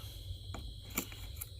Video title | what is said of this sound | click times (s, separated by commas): ซ่อมทีวี Philips 32นิ้ว เปิดติดบ้างไม่ติดบ้าง เปลี่ยนหลอดLED ใช้งานได้เหมือนเดิม | เข้าล็อกพอดีโอเค | 1.0 s, 1.4 s